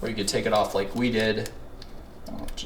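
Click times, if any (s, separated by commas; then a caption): 1.8 s, 2.5 s. Someone talks for the first second and a half, then refits the removable handle onto the deep fryer's metal basket, popping it back on. Two short clicks are heard at 1.8 s and 2.5 s, and the handle is seated.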